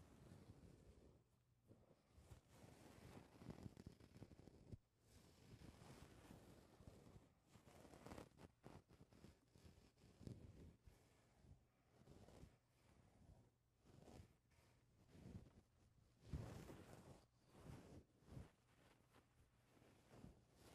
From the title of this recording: mic touching